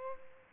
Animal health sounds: mosquito wingbeat signal from an infrared sensor; Culex pipiens

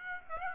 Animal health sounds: mosquito wingbeat signal from an infrared sensor; Aedes aegypti

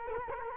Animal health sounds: mosquito wingbeat signal from an infrared sensor; Culex quinquefasciatus

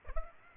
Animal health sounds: mosquito wingbeat signal from an infrared sensor; Aedes aegypti

